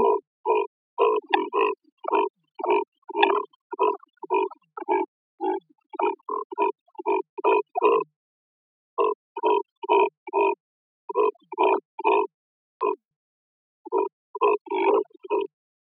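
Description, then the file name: Neotropic cormorant uttering short, pig-like grunts repeated about twice a second in uneven runs, with a pause near the middle and a quiet background. Recorded in Costa Rica. "CR NECO"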